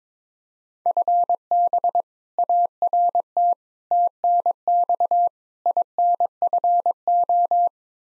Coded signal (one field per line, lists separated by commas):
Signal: Morse code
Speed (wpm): 21 wpm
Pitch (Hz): 700 Hz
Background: none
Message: FB ART TNX INFO